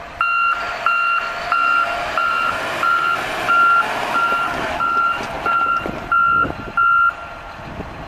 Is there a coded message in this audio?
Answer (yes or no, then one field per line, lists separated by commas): no